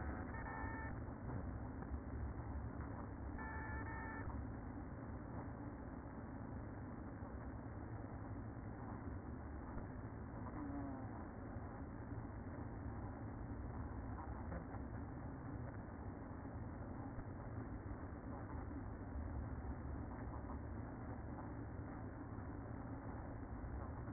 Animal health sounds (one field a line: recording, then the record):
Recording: honeybee colony, microphone inside the hive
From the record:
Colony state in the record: queen present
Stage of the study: after two queens were removed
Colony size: about 60,000 bees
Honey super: yes